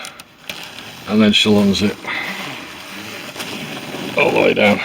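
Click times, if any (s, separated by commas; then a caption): 0.2 s, 0.5 s. Small press-stud (snap) fasteners on a fabric hammock insulation wrap are pressed closed, giving sharp snaps at 0.2 s and 0.5 s as they seat. Someone then talks over the rest of the clip.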